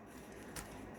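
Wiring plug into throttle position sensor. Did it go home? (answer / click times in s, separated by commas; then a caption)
yes / 0.6 s. The plastic wiring plug is pushed home with both hands into the throttle position sensor on the throttle/injector body of a Royal Enfield Himalayan during reassembly. Over a low, steady background, a single short, sharp click rises at 0.6 s. The connector is confirmed seated.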